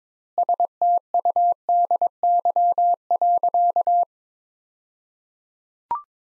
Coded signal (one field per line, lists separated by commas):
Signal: Morse code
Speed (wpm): 22 wpm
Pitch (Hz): 700 Hz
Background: none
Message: STUDY.